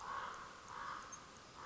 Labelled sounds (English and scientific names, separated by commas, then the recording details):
Common Raven (Corvus corax)
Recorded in Sonoma County, California